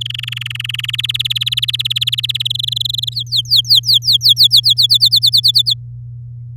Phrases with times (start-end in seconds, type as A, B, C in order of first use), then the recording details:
0.01-0.96 A, 0.98-2.42 B, 2.45-3.14 C, 3.15-4.87 D, 4.89-5.74 E. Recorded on 10 May 2018 at 13:01. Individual llb16